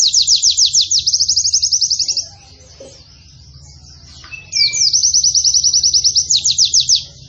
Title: Pleci Gacor. Pleci Nembak Panjang Istimewa Full Kenarian SobekSobek